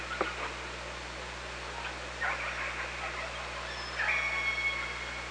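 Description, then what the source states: Killer whale calls: a few pulsed, buzzy bursts, then a long, thin, high whistle near the end, over steady underwater hiss and low hum. Recorded on the OrcaLab hydrophone at Parson Island, 24 August 2017, 15:35.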